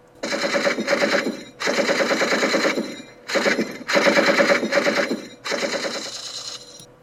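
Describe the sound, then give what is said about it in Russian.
A machine gun fires in several sustained bursts, rapid rattling shots with short pauses between them, loud and sharp across the whole stretch with no voices present. “Рокочущая глотка пулемета неожиданно вселила в Стародубцева дикое какое-то веселье.”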